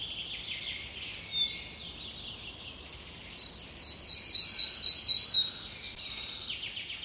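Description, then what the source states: Red-breasted flycatcher song phrase of sweet, evenly repeated high notes lasting about two seconds, with other birds twittering before and after. Beautiful, wistful song given after taking territories in old-growth forests, before pairing and nesting; birds arrive in Finland in late May; favours dense, dim, damp old spruce-dominated natural forests.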